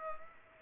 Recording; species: mosquito wingbeat signal from an infrared sensor; Culex pipiens